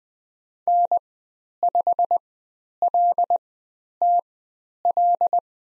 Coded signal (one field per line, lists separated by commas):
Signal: Morse code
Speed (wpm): 20 wpm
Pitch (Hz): 700 Hz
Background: none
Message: N5LTL